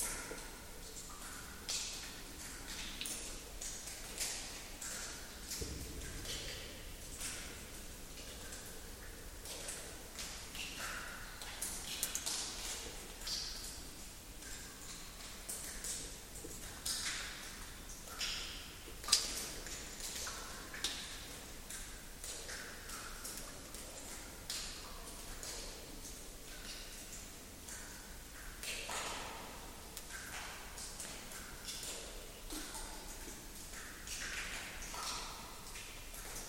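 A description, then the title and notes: Water drips steadily inside an abandoned mine cave, with many small, bright taps and pings scattered densely throughout. A low, hollow rumble sits underneath, and one sharper, louder drop stands out around the nineteen-second mark. Water dripping inside a cave of a abandoned mine in my area. Recorded by Ben Reichstein. Abandoned mine cave.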